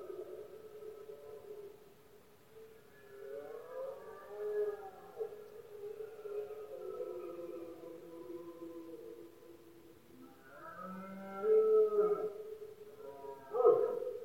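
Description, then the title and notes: Red deer bellowing: long undulating roars, later a loud bellow and a final sharp burst near the end. Rutting season of male red deer in Spain, bellowing at night when surroundings are quietest; the rut and its calling are known as berrea or brama. "Paisaje sonoro: Berrea #04. La época de celo del ciervo se conoce comúnmente como “berrea del ciervo” o “brama del ciervo”. especialmente por la noche pues es cuando más silencio hay alrededor, los poderosos bramidos de los ciervos machos"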